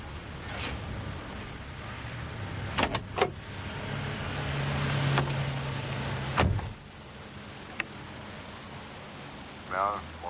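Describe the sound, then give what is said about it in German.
Steady low engine drone and road hum fill the cabin of a moving car being driven to the bank, broken by a few sharp clicks and a thump, with a brief murmured voice near the end. “Käfer im Auto.”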